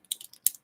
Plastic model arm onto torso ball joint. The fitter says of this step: You'll feel kind of click into place.